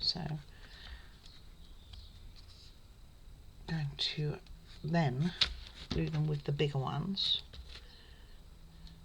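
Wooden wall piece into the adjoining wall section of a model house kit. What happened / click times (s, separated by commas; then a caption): Wooden parts being handled; no seating click yet / none. A wooden wall piece of a model house kit is being handled for fitting against the adjoining wall section, with the pieces pressed together flat before gluing. Someone talks over faint handling noises, with a few small taps. Nothing has seated or clicked yet.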